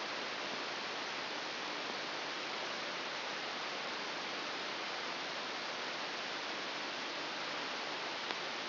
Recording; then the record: brain microelectrode recording played as sound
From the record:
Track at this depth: inside the subthalamic nucleus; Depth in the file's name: 1.007 mm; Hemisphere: right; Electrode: 3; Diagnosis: Parkinson's disease